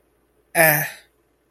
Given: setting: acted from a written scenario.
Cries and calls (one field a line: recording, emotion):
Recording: vocal sound without words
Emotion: neutral